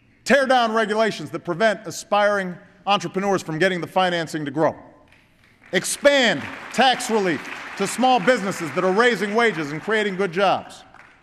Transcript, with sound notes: Tear down regulations that prevent aspiring entrepreneurs from getting the financing to grow. (Applause.) Expand tax relief to small businesses that are raising wages and creating good jobs.